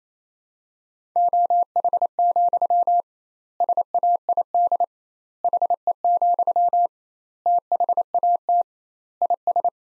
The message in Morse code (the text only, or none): OH, SAID HE, THAT IS